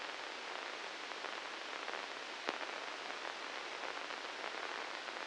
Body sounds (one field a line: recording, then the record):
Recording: brain microelectrode recording played as sound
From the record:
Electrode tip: inside the subthalamic nucleus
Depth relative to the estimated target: -1 mm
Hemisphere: right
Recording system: NeuroSet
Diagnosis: Parkinson's disease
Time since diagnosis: 19 years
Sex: female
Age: 69 years